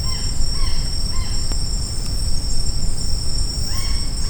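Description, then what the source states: Blue-naped parrot giving a quick series of three arched, squawky notes, a pause, then another call near the end, with constant insect buzzing and low noise. Recorded on Maratua.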